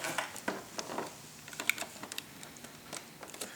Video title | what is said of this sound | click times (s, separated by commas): How to Install Xenon HID: Yamaha R6 2003-2010 | make sure it snaps into place | 1.7 s